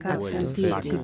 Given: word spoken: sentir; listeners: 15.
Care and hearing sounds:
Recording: one Spanish word in noise, from a listening test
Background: four-talker babble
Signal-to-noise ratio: 0.9 dB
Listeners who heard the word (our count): 2 of 15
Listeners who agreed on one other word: 7 of 15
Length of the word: 0.64 s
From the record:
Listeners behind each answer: 7, 3, 2, 1, 1, 1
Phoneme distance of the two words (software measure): 57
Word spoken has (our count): 2 syllables, 6 phonemes, stress on syllable 2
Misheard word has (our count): 2 syllables, 5 phonemes, stress on syllable 1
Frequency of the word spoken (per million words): 56.25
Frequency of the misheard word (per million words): 0.51

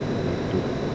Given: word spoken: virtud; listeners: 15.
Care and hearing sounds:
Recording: one Spanish word in noise, from a listening test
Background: speech-shaped noise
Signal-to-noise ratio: -5.2 dB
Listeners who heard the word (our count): 0 of 15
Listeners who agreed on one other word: 6 of 15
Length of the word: 0.55 s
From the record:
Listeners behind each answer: 6, 2, 1, 1, 1, 1, 1, 1, 1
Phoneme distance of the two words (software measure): 28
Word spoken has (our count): 2 syllables, 6 phonemes, stress on syllable 2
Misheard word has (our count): 1 syllable, 2 phonemes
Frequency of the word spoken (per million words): 37.00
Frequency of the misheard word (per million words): 308.45

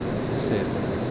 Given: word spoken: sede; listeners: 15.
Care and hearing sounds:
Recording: one Spanish word in noise, from a listening test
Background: speech-shaped noise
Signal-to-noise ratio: -5.6 dB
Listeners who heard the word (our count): 0 of 15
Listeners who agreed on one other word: 11 of 15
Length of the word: 0.71 s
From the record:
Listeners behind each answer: 11, 1, 1, 1, 1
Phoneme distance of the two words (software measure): 17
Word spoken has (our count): 2 syllables, 4 phonemes, stress on syllable 1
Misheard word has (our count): 1 syllable, 3 phonemes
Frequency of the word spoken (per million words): 64.02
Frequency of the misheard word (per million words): 1526.78

